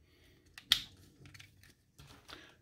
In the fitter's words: and get these tabbed on ironhide and they should oh yeah it pops right in